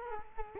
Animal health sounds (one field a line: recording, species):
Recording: mosquito wingbeat signal from an infrared sensor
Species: Culex quinquefasciatus